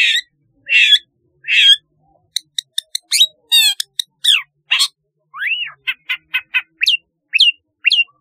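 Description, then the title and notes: Long-tailed shrike song: three harsh raspy notes, then a fast varied run of sharp clicks, buzzy trills and rising and falling whistled slurs, with no other sounds. "Kicau Burung Cendet"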